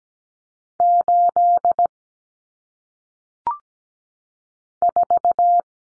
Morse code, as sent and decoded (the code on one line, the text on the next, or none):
---.. / ....-
8 4